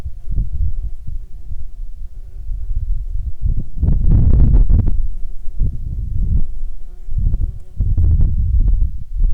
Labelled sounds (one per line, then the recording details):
wind
insects
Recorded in Ivvavik National Park, Yukon, on 20 June 2019 at 13:18
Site SINP09